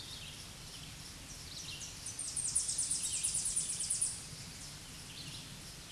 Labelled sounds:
Tennessee Warbler (Leiothlypis peregrina) song
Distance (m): 25 m
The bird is about 10 m above the microphone
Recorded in a Pennsylvania forest on 16 May 2024 at 07:59
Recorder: AudioMoth, point MSD-0079
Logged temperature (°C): 16.1 °C
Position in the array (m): 136 m, 90 m

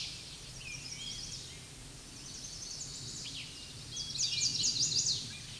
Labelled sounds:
Chestnut-sided Warbler (Setophaga pensylvanica) song
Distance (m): 15 m
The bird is about 5 m above the microphone
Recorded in a Pennsylvania forest on 16 May 2024 at 07:12
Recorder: AudioMoth, point MSD-2257
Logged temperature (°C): 16.0 °C
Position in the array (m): 169 m, 166 m

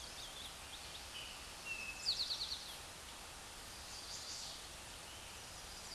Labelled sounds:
Eastern Towhee (Pipilo erythrophthalmus) song
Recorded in a Pennsylvania forest on 16 May 2024 at 09:54
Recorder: AudioMoth, point MSD-2142
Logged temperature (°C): 16.7 °C
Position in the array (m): 2 m, 44 m

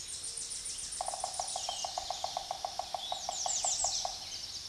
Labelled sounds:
American Redstart (Setophaga ruticilla) song
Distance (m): 25 m
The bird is about 5 m below the microphone
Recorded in a Pennsylvania forest on 16 May 2024 at 06:12
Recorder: AudioMoth, point MSD-0263
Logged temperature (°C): 16.0 °C
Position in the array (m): 110 m, 225 m

